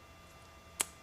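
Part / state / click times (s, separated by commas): autotune sensor cable connector into its mating plug on a motorcycle / seated / 0.8 s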